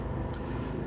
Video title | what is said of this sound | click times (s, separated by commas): Airstream Atlas Class C Tommy Bahama Edition | And it's gonna lock into place. | 0.3 s